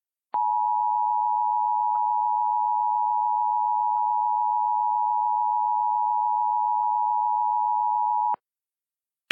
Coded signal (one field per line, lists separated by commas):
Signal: Emergency Alert System (SAME) tones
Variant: 853 and 960 Hz attention tone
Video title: oh look some thunder - EAS Recreation